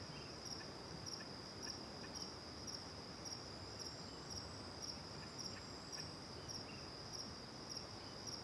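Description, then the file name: Cricket chirping, a steady high ringing trill pulsed into chirps about twice a second, with faint scattered bird notes. One cricket near and other crickets far, recorded with back to the river at Terra Ronca; various birds; AB stereo recording. "Grilo perto e outros grilos longe de costas para o rio em terra ronca, varios passaros, vaca longe, gravacao em ab"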